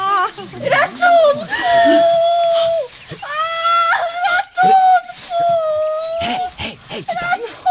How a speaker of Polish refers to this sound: Kto to tam krzyczał? Tam się coś dzieje. Głowę dam, że to baronowa pan Dżdżobny. Ktoś na nią napadł.